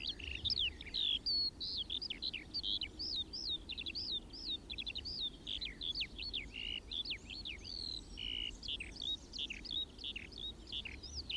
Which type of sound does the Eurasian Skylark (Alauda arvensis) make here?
song